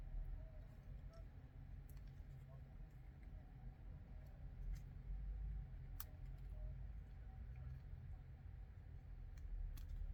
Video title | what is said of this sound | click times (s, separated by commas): Building Ork Mega Nobz - Warhammer 40,000 | I thought I got lucky there and it just snapped into place straight away, but it didn't. But it did the second time. | 6.0 s